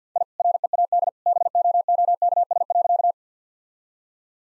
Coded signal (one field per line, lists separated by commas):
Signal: Morse code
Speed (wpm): 49 wpm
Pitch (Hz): 700 Hz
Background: none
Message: I READ BOOKS.